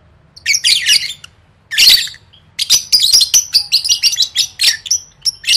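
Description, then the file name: Lovebird calls: two rough squawking bursts, then a quick series of many thin, high chirps and whistles. "tieng vet mau don"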